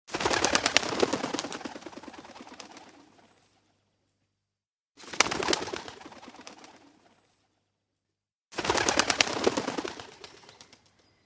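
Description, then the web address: Bird wing flaps: three bursts of rapid, clattering wingbeats, each a few seconds long and fading, separated by short silences. Bird flapping its wings. "vzmah krylev ptitsy"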